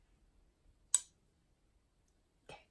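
A closure part, possibly a lid, is fitted onto a boxed collectible novelty item being unboxed, and it locks into place with one loud, sharp click at 0.9 s. A softer, shorter rattle-like sound follows at about 2.5 s over a quiet background.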